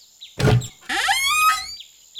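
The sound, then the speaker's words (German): A door, opened in answer to the doorbell, gives a short, dull clunk followed by a drawn-out, rising squeal of motion lasting under a second, with no voices present. “Aber nein, die Tür geht auf.”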